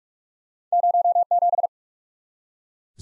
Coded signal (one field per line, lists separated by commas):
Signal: Morse code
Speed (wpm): 45 wpm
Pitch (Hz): 700 Hz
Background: none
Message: 07